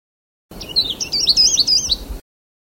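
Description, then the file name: Sulawesi leaf warbler song: a rapid, high twittering phrase of looping, wavering notes lasting under two seconds. "kicauan cikrak sulawesi. omkicau"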